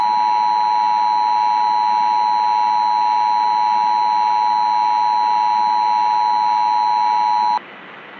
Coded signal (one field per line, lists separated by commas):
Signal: Emergency Alert System (SAME) tones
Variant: 853 and 960 Hz attention tone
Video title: All Falls Down | A Real-Time Nuclear Attack EAS Scenario